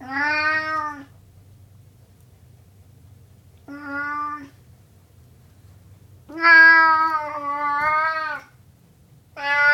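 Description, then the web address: Burmese cat meowing four times with uneven gaps, the third call long and broken into two parts, otherwise quiet background. "BBC Cats Burmese BBC"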